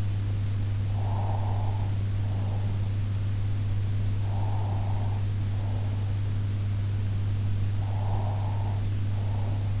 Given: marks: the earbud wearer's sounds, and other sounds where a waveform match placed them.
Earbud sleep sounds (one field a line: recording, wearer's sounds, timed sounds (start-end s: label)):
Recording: sounds in sleep by an in-ear microphone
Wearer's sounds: breath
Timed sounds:
0.89-2.78 s: breath
4.26-6.04 s: breath
7.72-9.80 s: breath